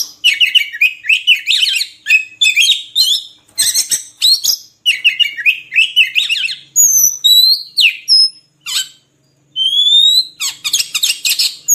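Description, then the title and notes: Oriental magpie-robin singing a rapid varied medley of scratchy twitters, clear rising whistles and chattering phrases, broken by a short silence before a final burst. Filler song used to train magpie-robins to sing vigorously day and night. "Kacer Jadi Gacor Siang Malam. Isian Kacer Durasi Panjang"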